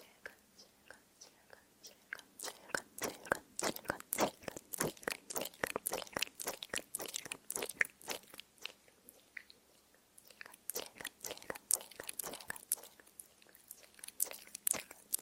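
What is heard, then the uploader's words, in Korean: Tingly mouth sounds: a dense stream of sharp wet clicks and smacks, irregular and quick, clustered thickest in the first half and again around the twelve-second mark. Each pop is crisp and bright. 간질간질 입소리 1hour| word triggers.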